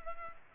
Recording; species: mosquito wingbeat signal from an infrared sensor; Culex pipiens